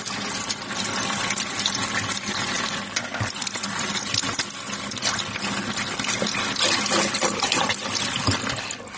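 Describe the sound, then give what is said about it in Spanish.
Rain starts to fall in the mountains on a cold, windy day, pouring down in a steady, dense hiss with scattered pattering drops, holding an even loudness for about nine seconds before easing slightly at the end. No voices are heard. “Un día se largó a llover.”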